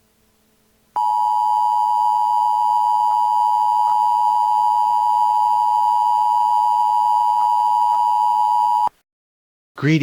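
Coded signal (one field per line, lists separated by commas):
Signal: Emergency Alert System (SAME) tones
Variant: 853 and 960 Hz attention tone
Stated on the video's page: Simulated, not real, school EAS alert imagined as a replacement for a lockdown drill.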